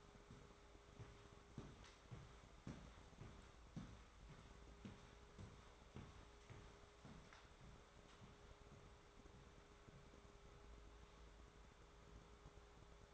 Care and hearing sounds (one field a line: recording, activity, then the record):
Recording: daily activity, microphone in the room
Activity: walk to room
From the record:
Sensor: 3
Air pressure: 1010.4 hPa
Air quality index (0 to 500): 166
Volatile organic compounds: 9 ppm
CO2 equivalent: 2177 ppm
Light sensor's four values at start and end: 49/119/53/60 and 51/126/56/63